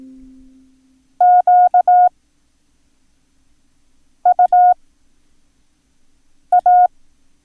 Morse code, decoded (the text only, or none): QUA